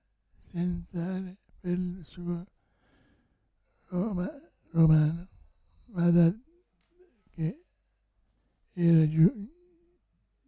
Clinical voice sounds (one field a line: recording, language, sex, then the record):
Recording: read passage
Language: Italian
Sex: male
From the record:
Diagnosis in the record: Parkinson's disease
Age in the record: 65 years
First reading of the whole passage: 164 s, 3.2 characters per second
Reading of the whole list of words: 151 s, 1.9 characters per second